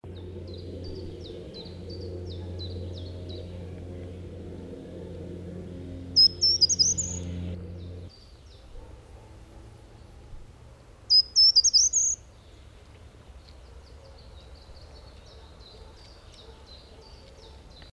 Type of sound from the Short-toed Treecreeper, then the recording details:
song. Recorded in the wild. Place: Beyenburger Stausee, Nordrhein-Westfalen, DE. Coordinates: 51.25, 7.3. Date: 1995-04-14. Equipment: Sony WM-D6C. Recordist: Skiba, Reinald. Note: Obere Hehringhauser Talsperre in Wuppertal